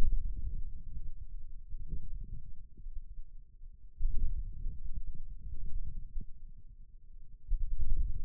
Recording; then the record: forearm muscle sounds (acoustic myography)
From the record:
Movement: inward rotation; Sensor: system 2, bracelet of six BSWA MPA416 microphones around the upper forearm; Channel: 4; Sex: male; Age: 22 years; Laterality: right